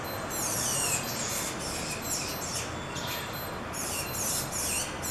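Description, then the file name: Tanager song of high, thin chirping notes in uneven clusters, partly masked by a continuous noisy background hiss. "Canto do sanhacu de encontro branco"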